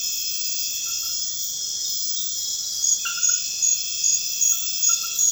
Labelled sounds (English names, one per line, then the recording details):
none
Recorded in secondary vegetation near Puerto Asís, Putumayo, Colombia, on 28 February 2025 at 00:00
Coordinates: 0.498, -76.327
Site G001